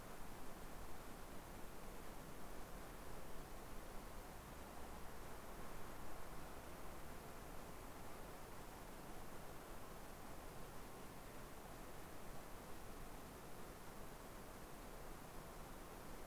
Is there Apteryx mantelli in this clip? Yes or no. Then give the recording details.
no. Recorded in New Zealand on 3 November 2013. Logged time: 01:58. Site CV71